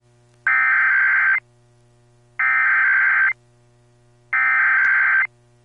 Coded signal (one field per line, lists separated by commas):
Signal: Emergency Alert System (SAME) tones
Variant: header bursts